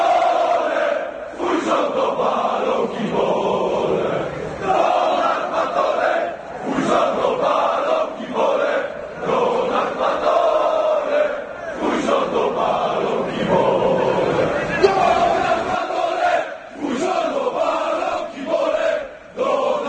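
A large crowd chants slogans in unison, loud and sustained, with rhythmic surges and brief pauses between shouted phrases over about twenty seconds.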